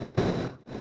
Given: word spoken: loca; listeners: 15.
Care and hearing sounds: one Spanish word in noise, from a listening test; noise modulated by one talker; -11.3 dB; 0 of 15; 8 of 15; 0.41 s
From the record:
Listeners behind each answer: 8, 1, 1, 1, 1, 1, 1, 1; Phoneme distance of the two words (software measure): 27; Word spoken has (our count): 2 syllables, 4 phonemes, stress on syllable 1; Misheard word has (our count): 2 syllables, 5 phonemes, stress on syllable 1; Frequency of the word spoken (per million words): 19.62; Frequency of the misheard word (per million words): 438.77

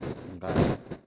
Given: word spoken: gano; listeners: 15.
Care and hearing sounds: one Spanish word in noise, from a listening test; noise modulated by one talker; -12.0 dB; 0 of 15; 6 of 15; 0.66 s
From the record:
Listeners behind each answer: 6, 2, 2, 1, 1, 1, 1, 1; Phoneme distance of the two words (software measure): 10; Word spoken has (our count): 2 syllables, 4 phonemes, stress on syllable 1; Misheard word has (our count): 2 syllables, 4 phonemes, stress on syllable 1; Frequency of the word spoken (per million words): 2.41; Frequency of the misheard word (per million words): 25.66

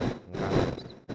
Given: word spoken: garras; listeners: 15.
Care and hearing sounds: one Spanish word in noise, from a listening test; noise modulated by one talker; -12.6 dB; 0 of 15; 7 of 15; 0.74 s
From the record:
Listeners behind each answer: 7, 3, 2, 1, 1, 1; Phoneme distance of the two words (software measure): 10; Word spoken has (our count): 2 syllables, 5 phonemes, stress on syllable 1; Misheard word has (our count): 2 syllables, 5 phonemes, stress on syllable 1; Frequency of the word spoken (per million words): 4.65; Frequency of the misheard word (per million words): 44.70

